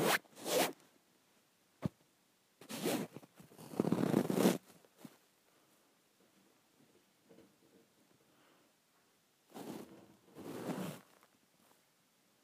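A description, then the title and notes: Lotion is worked out of the bottom of a bottle in short, harsh bursts of squirting and scraping, like a zipper being pulled. Bursts come at the start, around two to four and a half seconds, and again near ten to eleven, with a sharp click near two seconds and quiet gaps between. ASMR Getting Lotion out of the Bottom of the Bottle.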